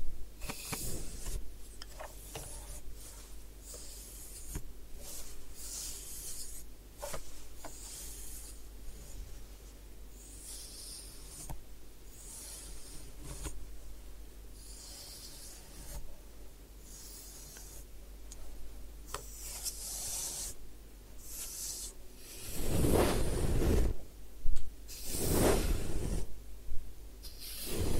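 Head spa hair washing and massage: soft, bright rubbing and scratching strokes come in quick, irregular bursts throughout, over a steady low hum. Near the end, around 22 to 26 seconds, two louder, fuller rushes of handling sound stand out.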